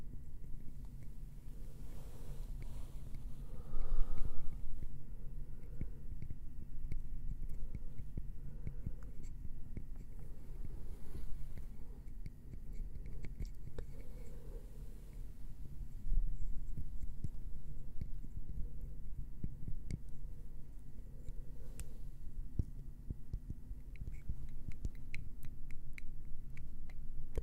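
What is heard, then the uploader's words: Gentle wood triggers: soft tapping and scratching over a steady low hum. Small clicks and taps come irregularly throughout, with brief scratchy passages and a louder burst around four seconds and again near fifteen seconds. ASMR gentle Wood Triggers - tapping & scratching.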